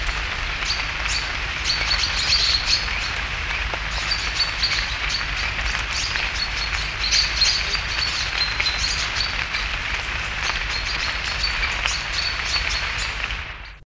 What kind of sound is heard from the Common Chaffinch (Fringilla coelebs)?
call